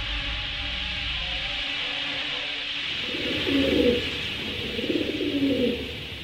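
Pigeons coo in two low, throaty bursts, each a soft rolling rumble, over a steady hiss of background noise; no one speaks.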